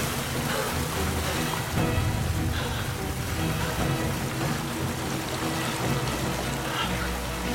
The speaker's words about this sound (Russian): Пытается закрыть покрывалом трубу. Вода вырывается и заполняет колодец.